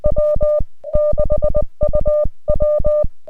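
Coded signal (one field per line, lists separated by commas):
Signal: Morse code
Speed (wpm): 20 wpm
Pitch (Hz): 1200 Hz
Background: music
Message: W6UW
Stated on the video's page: Park activation with an FT-891 at 100 watts into a vertical antenna, carried by bicycle.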